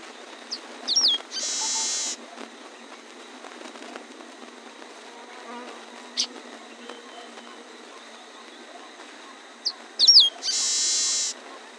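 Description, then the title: Bird song: a couple of quick high whistled sweeps followed by a harsh buzzy burst about a second long, the phrase heard twice with a long gap between broken by one brief high note. "LuckyPassaro Completos2Sama"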